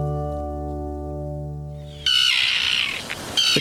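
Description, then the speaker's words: Common tern colony calls: harsh, overlapping squawking cries burst in partway through and recur near the end, after a steady low humming tone. Noisy, gregarious bird nesting in large colonies on open beaches of the eastern United States. "The common tern is a noisy, gregarious bird that nests in large colonies on the open beach."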